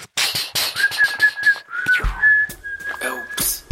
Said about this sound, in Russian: А теперь послушайте другой голос. Как вы думаете, как выглядит птица, которая так ужасно мяучит?